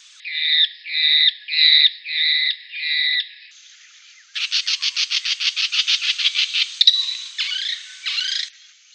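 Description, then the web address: Sacred kingfisher calling: five spaced, clipped notes, then a rapid chattering run of harsh notes, ending in a few loud rasping screeches. "canberra-garden-birds kookaburras-kingfishers-bee-eater-and-dollarbird sacred-kingfisher"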